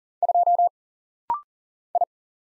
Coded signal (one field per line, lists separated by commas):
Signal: Morse code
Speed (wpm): 40 wpm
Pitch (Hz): 700 Hz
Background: none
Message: 2 I